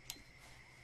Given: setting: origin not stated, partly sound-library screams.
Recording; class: one-second piece from a danger detection set; normal situation